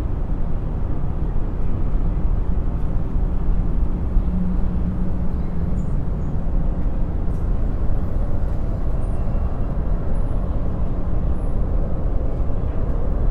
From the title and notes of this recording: City Soundscape. Sounds from the Skyline with Delta Binaural Beats.